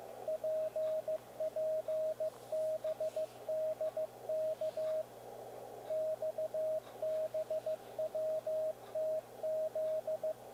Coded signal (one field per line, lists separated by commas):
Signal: Morse code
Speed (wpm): 15 wpm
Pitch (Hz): 630 Hz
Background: radio noise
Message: PPBDK XBWTZ